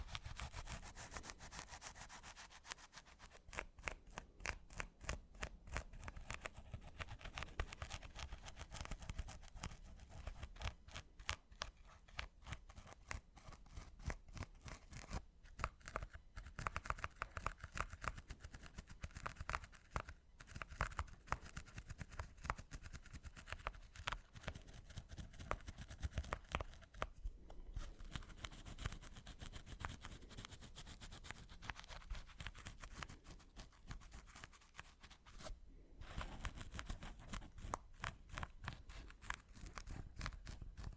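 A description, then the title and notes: Scratching sounds run nearly continuously through the 41 seconds, rough and papery, made of dense rapid strokes with short gaps around 15, 20, 27 and 36 seconds. The texture is bright and crackly with a low rumble underneath, and loudness stays fairly even. ASMR Mini Scratching (NO TALKING).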